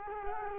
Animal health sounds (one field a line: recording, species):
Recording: mosquito wingbeat signal from an infrared sensor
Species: Culex quinquefasciatus